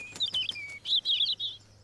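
European robin song: a few short bursts of bright, high twittering warbles, with a thin sliding note between them.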